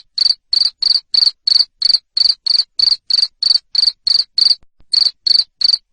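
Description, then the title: Cricket giving a rapid series of shrill, high chirps, about three each second, briefly interrupted once before resuming. Loud cricket chirping played to stimulate lovebirds into singing continuously. "Suara JANGKRIK NGERIK Keras Bikin LOVEBIRD Jadi NGEKEK Terus Vubey"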